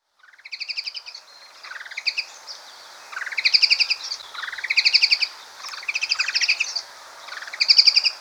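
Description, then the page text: White-throated babbler calling, six bursts of rapid chattering notes, each rising in pitch. "White-Throated Babbler Calls. Quick Sounds"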